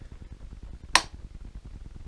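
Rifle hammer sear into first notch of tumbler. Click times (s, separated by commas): 1.0 s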